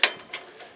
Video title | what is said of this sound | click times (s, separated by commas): Exmark Pioneer in-depth review | Like I said, if I push on it just a little bit, because it's new, it'll snap in place. There's your ROPS back up. | 0.0 s